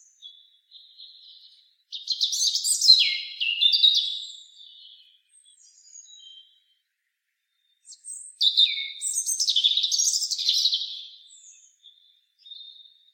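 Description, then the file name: European robin song, two bursts of thin, varied, high warbling phrases with quick slurred notes, separated by a pause of several seconds. "Erithacus rubecula"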